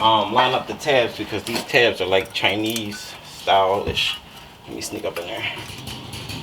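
Someone talks while lining up the tabs of the plastic ABS wheel-speed sensor harness connector to push it into the sensor socket on a new hub bearing of a 2008-2012 Chevy Malibu, with light handling clinks in the background. Nothing has seated or clicked yet by the end of the clip.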